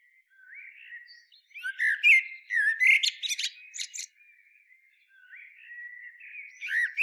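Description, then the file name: Common blackbird song with mellow rising whistles leading to a cluster of sharp, high chattering notes, then soft warbling and a new phrase starting. "Turdus merula"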